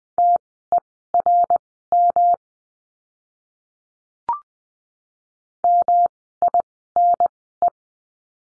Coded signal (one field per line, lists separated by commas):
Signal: Morse code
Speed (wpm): 20 wpm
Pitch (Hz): 700 Hz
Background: none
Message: TERM MINE